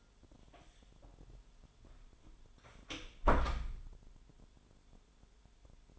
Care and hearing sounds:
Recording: daily activity, microphone in the room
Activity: close door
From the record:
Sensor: 5

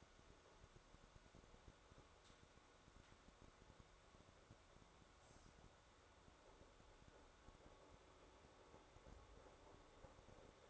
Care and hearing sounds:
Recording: daily activity, microphone in the room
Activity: make coffee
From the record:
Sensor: 3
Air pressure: 1014.7 hPa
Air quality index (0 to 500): 189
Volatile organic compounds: 20 ppm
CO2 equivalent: 2704 ppm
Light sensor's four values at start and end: 5/11/4/4 and 4/11/4/4

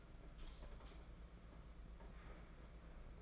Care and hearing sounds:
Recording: daily activity, microphone in the room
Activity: light on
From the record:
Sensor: 5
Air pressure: 992.1 hPa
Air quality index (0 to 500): 203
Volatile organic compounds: 1000 ppm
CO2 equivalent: 5878 ppm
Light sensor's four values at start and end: 8/19/7/8 and 8/20/8/8

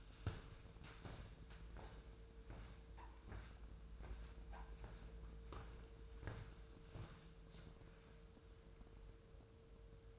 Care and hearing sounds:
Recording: daily activity, microphone in the room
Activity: walk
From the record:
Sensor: 2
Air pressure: 1005.4 hPa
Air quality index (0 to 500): 99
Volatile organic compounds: 2 ppm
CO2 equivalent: 1200 ppm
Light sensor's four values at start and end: 8/20/8/8 and 8/20/8/8

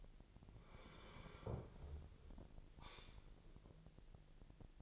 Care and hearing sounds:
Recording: daily activity, microphone in the room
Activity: sit down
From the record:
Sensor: 5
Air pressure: 1002.0 hPa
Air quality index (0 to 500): 247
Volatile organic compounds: 30 ppm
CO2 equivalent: 2966 ppm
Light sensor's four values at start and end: 38/91/38/41 and 38/91/38/41

